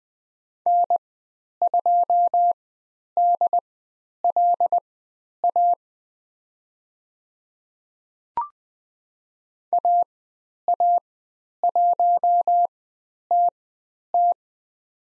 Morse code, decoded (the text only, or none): N2DLA AA1TT